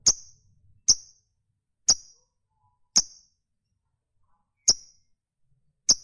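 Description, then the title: Lovebird giving single sharp, high chirps, spaced about one to two seconds apart with silence between. Fighter lovebird; the recording features its long chatter (ngekek panjang). "Suara Lovebird FIGHTER NGEKEK PANJANG"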